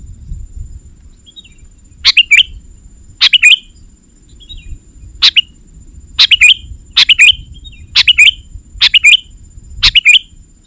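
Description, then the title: Sooty-headed bulbul giving brief squeaky chirping phrases at irregular intervals of around a second, with faint softer notes between them and low rumbling noise underneath. "kutilang"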